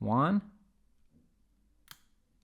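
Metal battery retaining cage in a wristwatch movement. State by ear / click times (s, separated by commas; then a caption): seated / 1.9 s. Someone talks briefly, then a tool presses the second small metal battery retaining cage closed over the coin cell inside the case back of a Casio G-Shock GA-2100 wristwatch after a battery replacement. A single short, sharp click at 1.9 s shows the cage has snapped shut and seated.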